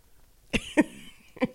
Her cough sound like a moose when she got this loud cough thing.